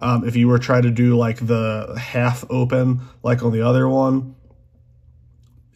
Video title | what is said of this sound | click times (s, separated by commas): Budget USA Made Utility Knives: The Gil-Tek RUK V3 & RUK-P | see that this one doesn't catch so it doesn't lock in that position | none